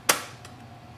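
An ink film cartridge for a Canon SELPHY CP-1500 compact photo printer is pushed into its slot and latches with a sharp, bright click at 0.1 s, followed by a softer tick around 0.45 s. The cartridge is seated and installed.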